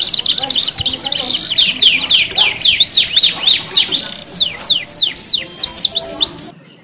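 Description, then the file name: Domestic canary song: quick trills giving way to slower, evenly spaced descending whistled notes, then fading into quiet. Audio simulating a standard canary singing contest. "audio simulasi lomba kenari standar. omkicau"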